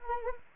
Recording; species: mosquito wingbeat signal from an infrared sensor; Anopheles arabiensis